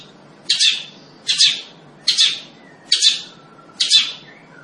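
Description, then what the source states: Long-tailed shrike giving five loud, harsh, rasping notes, each roughly a second apart, over a quiet background. Singing lively, described by the Indonesian term gacor.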